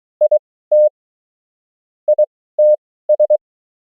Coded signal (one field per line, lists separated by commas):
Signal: Morse code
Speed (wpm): 23 wpm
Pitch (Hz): 600 Hz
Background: none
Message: IT ITS